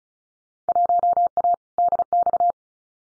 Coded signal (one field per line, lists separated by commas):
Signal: Morse code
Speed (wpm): 36 wpm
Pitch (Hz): 700 Hz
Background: none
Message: 1A DX